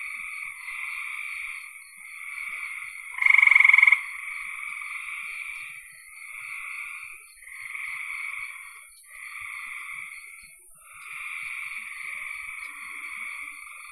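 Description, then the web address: Frogs calling: a dense chorus of high, buzzy swelling calls, with one louder, sharply pulsed trill lasting under a second early on. "cn frogs"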